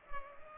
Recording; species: mosquito wingbeat signal from an infrared sensor; Culex pipiens